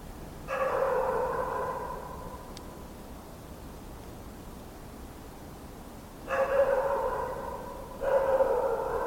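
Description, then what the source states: Dog giving long, drawn-out harmonic cries, one early, then two more after a pause of several seconds, over a faint hiss. Mongrel dogs barking at night in winter, in a courtyard.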